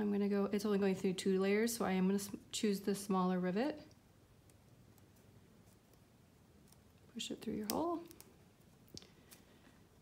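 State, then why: Seated. Someone talks, then a small metal rivet post is pushed through two layers of fabric/leather on a strap tab of a wristlet handle, and the rivet cap is pressed onto it by hand with a few faint clicks. The cap snaps onto the post at 9.0 s and is seated.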